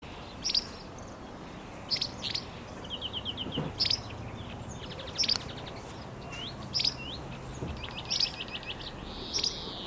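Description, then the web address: Bird calling: short high chirps repeated about every one and a half seconds, mixed with quick buzzy trills and rising whistled notes, over steady background hiss. "cianscape birddata Deverinetal 2025"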